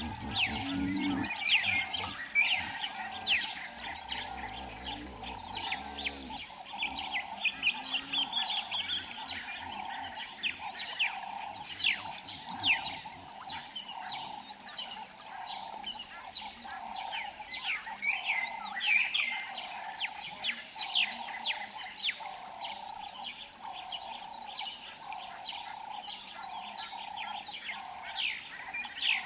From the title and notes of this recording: A river in the savanna. It's a calm morning by the river Kapamba in South Luangwa National Park, Zambia. A few cicadas are winding down their night calls, making room for the daytime sounds of the savanna.